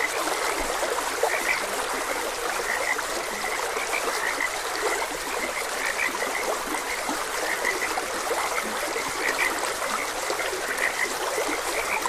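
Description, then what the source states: Frogs croaking in a dense chorus, many short bright notes overlapping constantly over a steady hiss of flowing water. Frogs croaking beside a gentle stream.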